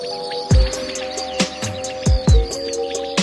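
In a rapeseed field beside a small meadow, crickets chirp in a steady, high, continuous drone while a common quail calls in a few short, sharp bursts over the top. No one speaks.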